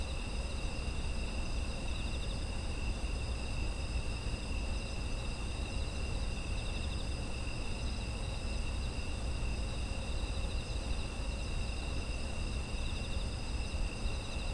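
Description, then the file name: Steady insect trilling, several high ringing bands sounding at once, some pulsing gently, over constant low-frequency rumble. Autumn insect ambience. "秋の虫の環境音"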